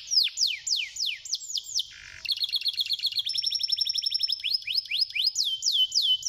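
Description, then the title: Bird song of repeated loud downward-sweeping whistles, then quick stuttering notes, ending in more descending sweeps; other high chirps overlap. "Kicau Burung"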